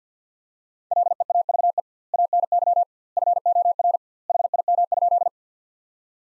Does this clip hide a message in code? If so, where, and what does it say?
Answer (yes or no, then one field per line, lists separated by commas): yes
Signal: Morse code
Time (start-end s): 0.9-5.3 s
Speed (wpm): 50 wpm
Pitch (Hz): 700 Hz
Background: none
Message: LEAVE ANY FOR HIM?